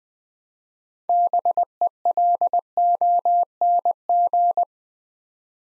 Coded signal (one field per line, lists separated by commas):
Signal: Morse code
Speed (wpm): 20 wpm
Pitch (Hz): 700 Hz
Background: none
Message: BELONG